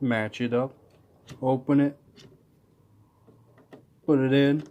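A RAM stick has its notch lined up with a motherboard memory slot and the slot latch is opened before inserting it, while someone talks. Between the speech only faint rubbing and small handling sounds are heard, including two brief soft ticks near 3.6 and 3.7 seconds. The stick has not yet seated or clicked into place.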